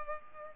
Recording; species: mosquito wingbeat signal from an infrared sensor; Culex pipiens